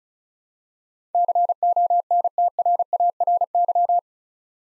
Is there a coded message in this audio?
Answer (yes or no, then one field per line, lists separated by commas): yes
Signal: Morse code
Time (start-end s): 1.1-4.0 s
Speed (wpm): 36 wpm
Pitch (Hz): 700 Hz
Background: none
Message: CONTRARY